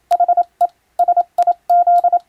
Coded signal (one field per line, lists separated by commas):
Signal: Morse code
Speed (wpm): 27 wpm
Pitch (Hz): 700 Hz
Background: radio noise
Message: HE SIZ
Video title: 【モールス無線電報】珍！今ではもう聞こえない船と陸を結ぶ貴重な通信方法！船舶にはモールスを打つ無線通信士が乗船していました。当時を思い出して聴いてみませんか？ morse code practice